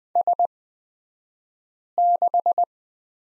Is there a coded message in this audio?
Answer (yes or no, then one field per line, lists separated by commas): yes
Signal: Morse code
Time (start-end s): 0.2-2.6 s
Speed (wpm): 20 wpm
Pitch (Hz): 700 Hz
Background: none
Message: S6